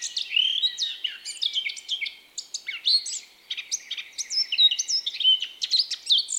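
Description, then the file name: Eurasian blackcap song, rapid jumbled chirps and sliding whistles forming long unbroken phrases, with a short dip in activity midway. "Sylvia atricapilla"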